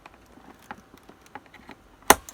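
A DDR4 memory stick is pressed with both thumbs into a motherboard DIMM slot, starting from the end away from the clip, with faint light ticks and scrapes before a sharp click at 2.1 s. The stick is still not fully seated after this first press and needs more pressure.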